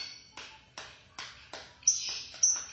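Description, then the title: Lovebird chattering: repeated harsh, scratchy bursts, then thin, squeaky high whistles toward the end. "BM Suara Burung Lovebird"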